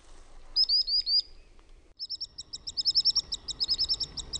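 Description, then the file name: Common Sandpiper calls: a short run of high, thin notes, a pause, then a longer rapid string of piping notes over a faint low background rumble. "RANTATASIPI"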